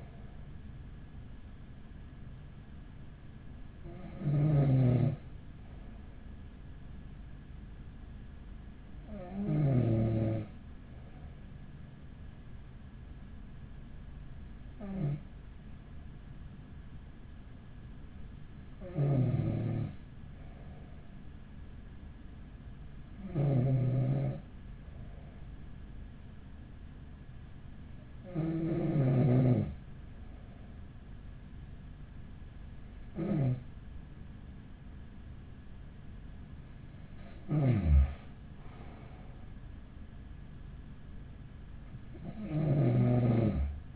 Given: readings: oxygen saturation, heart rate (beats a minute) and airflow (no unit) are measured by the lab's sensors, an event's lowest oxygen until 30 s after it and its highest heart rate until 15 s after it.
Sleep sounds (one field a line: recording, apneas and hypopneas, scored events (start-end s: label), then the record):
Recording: breathing in sleep by a smartphone at the bedside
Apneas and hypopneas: none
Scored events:
none scored
From the record:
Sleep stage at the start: N2 (light sleep)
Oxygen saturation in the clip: 93 to 95%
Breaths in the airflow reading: 8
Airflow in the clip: -7.5 to 9.4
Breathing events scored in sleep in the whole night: 207 in 7.6 hours asleep